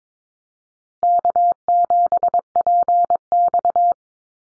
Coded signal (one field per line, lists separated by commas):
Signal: Morse code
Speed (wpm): 22 wpm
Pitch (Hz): 700 Hz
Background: none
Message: K7PX